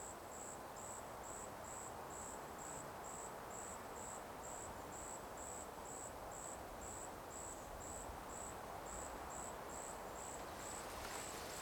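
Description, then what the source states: Cicada song, a high-pitched pulse repeated steadily throughout, over a constant rushing noise. Cicadas in a forest during the daytime.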